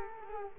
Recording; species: mosquito wingbeat signal from an infrared sensor; Culex quinquefasciatus